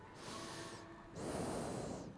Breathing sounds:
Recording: one breath in and out by a microphone near the nose and mouth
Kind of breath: normal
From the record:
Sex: male

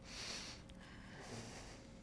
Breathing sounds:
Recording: one breath in and out by a microphone near the nose and mouth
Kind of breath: deep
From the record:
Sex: male

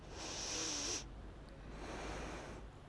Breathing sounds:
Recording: one breath in and out by a microphone near the nose and mouth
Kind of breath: deep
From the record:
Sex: female

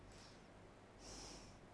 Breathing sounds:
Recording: one breath in and out by a microphone near the nose and mouth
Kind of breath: normal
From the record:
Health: marked as sick, illness not named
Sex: female

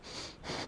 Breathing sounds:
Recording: one breath in and out by a microphone near the nose and mouth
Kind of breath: strong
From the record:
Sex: male

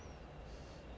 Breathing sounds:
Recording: one breath in and out by a microphone near the nose and mouth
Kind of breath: strong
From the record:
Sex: male

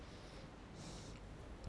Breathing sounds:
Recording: one breath in and out by a microphone near the nose and mouth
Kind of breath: normal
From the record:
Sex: male

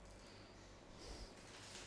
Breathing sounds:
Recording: one breath in and out by a microphone near the nose and mouth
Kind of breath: normal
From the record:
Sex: male

